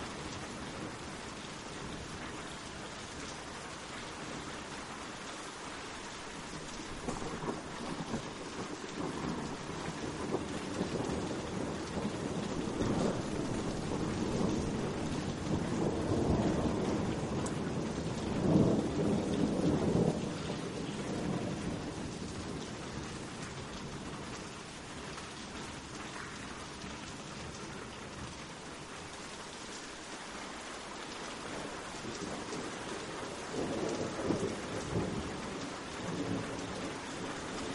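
Steady dense rain hisses throughout while low thunder rolls and swells around the middle, fading, then rumbling again faintly near the end.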